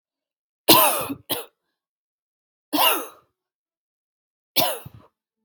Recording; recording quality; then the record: heavy voluntary cough; excellent, no background noise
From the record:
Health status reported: exposed to COVID-19, no respiratory illness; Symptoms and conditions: none ticked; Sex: female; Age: 18 years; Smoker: not ticked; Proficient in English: yes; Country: Canada